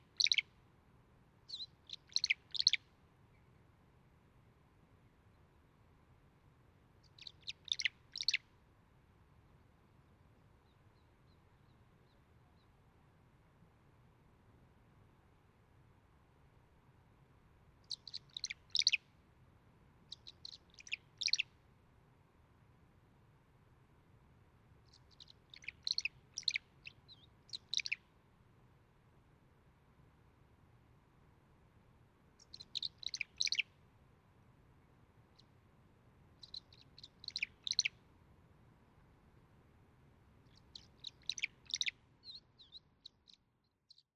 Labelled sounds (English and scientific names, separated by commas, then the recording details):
Violet-green Swallow (Tachycineta thalassina) call
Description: Violet-green Swallow call recorded in Upper Beaver Meadows in Rocky Mountain National Park
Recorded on 30 May 2017